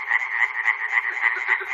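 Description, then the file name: Frogs croaking in a dense chorus, quick pulsed notes repeating several times in under two seconds. Recorded at Chernobyl. "peter cusack-chernobyl frogs"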